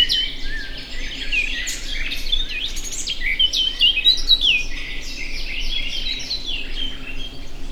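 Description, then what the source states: Several birds singing together, bright whistled phrases and quick chirps overlapping continuously above a faint low hum. Mixed birds singing in a grove loud with birdsong, natural setting; professional recording from 2014.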